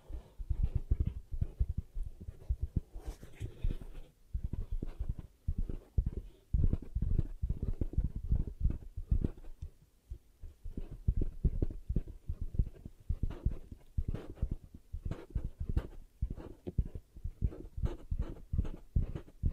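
Ear cupping triggers made up of dense, muffled thumps and soft pats that come in quick, uneven bursts. Each press gives a low, padded thud with a faint rustle on top. Brief pauses near three and ten seconds break the steady pattering.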